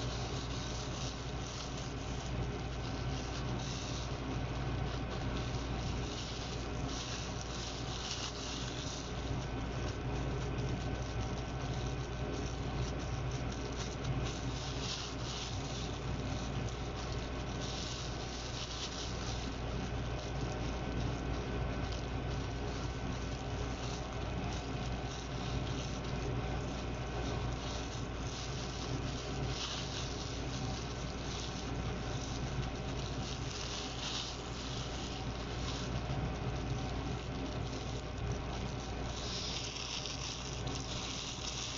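A natto omelet frying gives a steady, dense sizzle over a constant low hum, with frequent brief crackles throughout and a brighter burst near the end.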